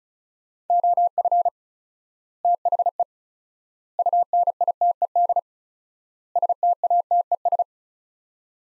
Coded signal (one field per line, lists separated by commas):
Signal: Morse code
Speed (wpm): 36 wpm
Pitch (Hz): 700 Hz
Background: none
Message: OF THE UNITED STATES